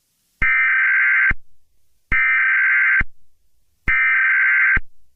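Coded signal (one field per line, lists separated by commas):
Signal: Emergency Alert System (SAME) tones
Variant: header bursts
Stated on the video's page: Fictional EAS scenario.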